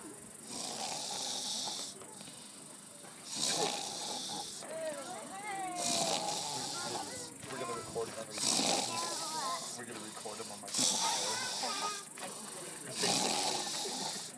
Snoring.